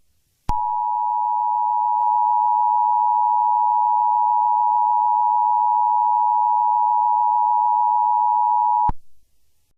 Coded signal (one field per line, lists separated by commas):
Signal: Emergency Alert System (SAME) tones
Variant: 853 and 960 Hz attention tone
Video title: EAS Scenario: Omega Chief